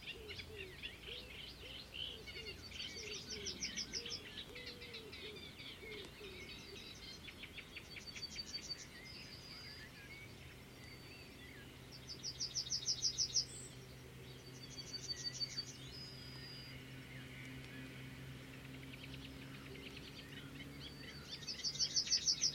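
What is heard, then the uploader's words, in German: Birds sing and chirp throughout, with many overlapping calls and quick trills. Bright bursts of rapid ticking song stand out around 4–5, 9, 13, 16 and 22 seconds. A low steady hum runs underneath the whole time. Danach kamen die üblichen Vögel.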